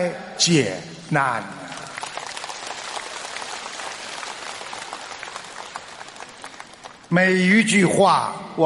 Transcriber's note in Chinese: 掌声